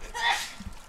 That was a really loud sneeze that is the sneeze of a games athlete. She's like 1,000 feet away.